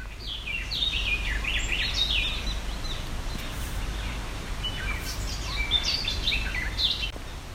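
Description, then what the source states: Garden Warbler song: a flowing warble of quick varied notes in two bursts separated by a pause, over a steady low background rumble. Listener's recording played back; the trilling song is likened to a cheerful spring brook; the species sings in lush forests rather than reed beds.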